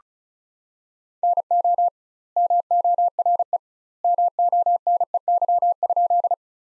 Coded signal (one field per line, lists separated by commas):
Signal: Morse code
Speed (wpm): 34 wpm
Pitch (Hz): 700 Hz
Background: none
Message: NO MORE MONEY?